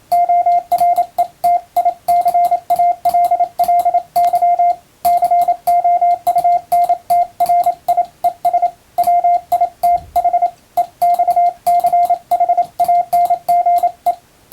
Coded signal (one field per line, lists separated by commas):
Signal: Morse code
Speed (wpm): 27 wpm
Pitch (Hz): 700 Hz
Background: radio noise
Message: ORETICALLY COUNTRIES WITH EXCHANGE